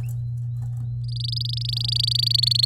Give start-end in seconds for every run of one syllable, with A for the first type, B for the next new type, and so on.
1.04-2.65 A